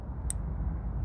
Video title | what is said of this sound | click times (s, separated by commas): Speed sensor replacement. Further diagnoses of ABS/traction control light. Ram 1500 | you could actually hear it click | 0.3 s